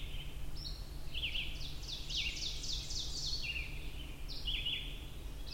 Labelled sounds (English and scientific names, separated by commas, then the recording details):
Ovenbird (Seiurus aurocapilla) song
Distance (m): 50 m
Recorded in boreal forest in Alberta, Canada, on 23 June 2016 at 05:17
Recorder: SongMeter 3, array SBT-6-76
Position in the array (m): 139 m, 99 m
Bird 3